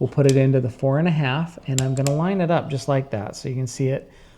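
A metal aglet on a drawstring end is lined up in the 4.5 die of a ratcheting aglet crimping tool while someone talks throughout. Nothing has seated or clicked yet.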